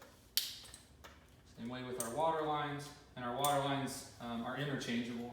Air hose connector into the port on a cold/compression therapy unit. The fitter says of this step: your air connection which is the odd one out that's your Clear Connection and so you just plug them in until you hear a click